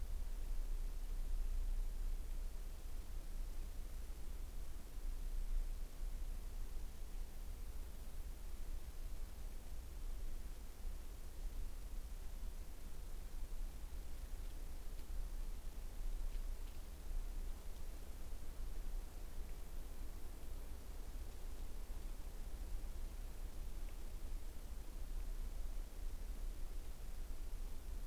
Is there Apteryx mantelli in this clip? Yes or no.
no